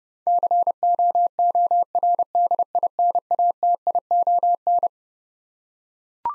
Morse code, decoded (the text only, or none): COORDINATION